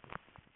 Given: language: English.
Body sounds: throat vibration sensor signal played as sound; swallow

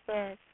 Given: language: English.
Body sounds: throat vibration sensor signal played as sound; speech

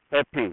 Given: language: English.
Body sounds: throat vibration sensor signal played as sound; speech

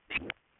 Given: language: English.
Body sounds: throat vibration sensor signal played as sound; swallow

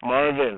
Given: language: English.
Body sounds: throat vibration sensor signal played as sound; speech

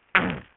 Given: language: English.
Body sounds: throat vibration sensor signal played as sound; throat clearing

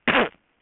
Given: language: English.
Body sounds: throat vibration sensor signal played as sound; cough

